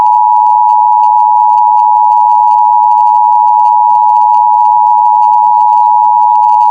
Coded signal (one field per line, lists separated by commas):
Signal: Emergency Alert System (SAME) tones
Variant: 853 and 960 Hz attention tone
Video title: EAS Scenario #1: Tornado Trouble (old)